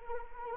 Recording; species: mosquito wingbeat signal from an infrared sensor; Anopheles arabiensis